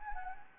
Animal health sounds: mosquito wingbeat signal from an infrared sensor; Anopheles gambiae

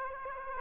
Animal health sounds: mosquito wingbeat signal from an infrared sensor; Aedes aegypti

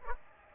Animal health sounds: mosquito wingbeat signal from an infrared sensor; Aedes aegypti

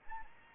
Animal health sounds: mosquito wingbeat signal from an infrared sensor; Anopheles arabiensis

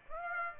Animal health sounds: mosquito wingbeat signal from an infrared sensor; Aedes aegypti

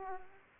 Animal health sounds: mosquito wingbeat signal from an infrared sensor; Aedes aegypti

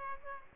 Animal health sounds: mosquito wingbeat signal from an infrared sensor; Aedes aegypti

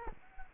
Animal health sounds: mosquito wingbeat signal from an infrared sensor; Culex quinquefasciatus

